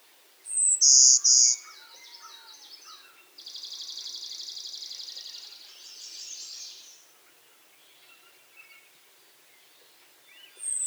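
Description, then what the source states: Golden-winged x Blue-winged Warbler hybrid song: an opening loud high double note, then a dry buzzy trill of about three and a half seconds, with faint chips and twitters around it. Hybrid of Golden-winged and Blue-winged Warbler (Vermivora chrysoptera x cyanoptera).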